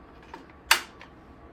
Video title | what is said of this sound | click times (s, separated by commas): Airvo Review | and you should hear it click | 0.7 s